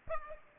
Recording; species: mosquito wingbeat signal from an infrared sensor; Aedes aegypti